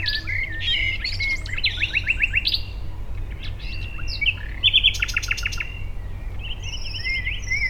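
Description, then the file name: Common nightingale song with rich variety: whistled slurs, fast repeated notes, a brief stuttering trill and loud pulsed bursts, a low steady rumble in the background. Recorded at Dishoek, Netherlands, on 10 May 2015. "Nightingale Dishoek 150510"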